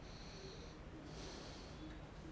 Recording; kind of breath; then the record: one breath in and out by a microphone near the nose and mouth; deep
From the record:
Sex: male